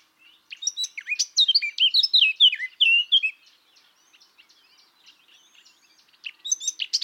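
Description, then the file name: Eurasian blackcap song: a long, hurried warble of varied sweet notes and whistles, followed by quiet twittering and a new phrase starting at the end. "Sylvia atricapilla"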